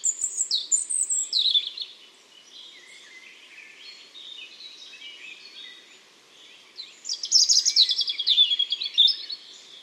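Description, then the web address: European robin song: thin, high warbling phrases of trills and twittering notes, a quieter stretch in the middle, then a loud, fast, tinkling burst near the end. "SETE Erithacus rubecula"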